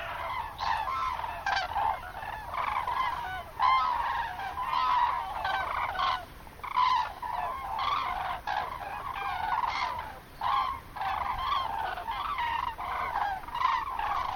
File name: grus grus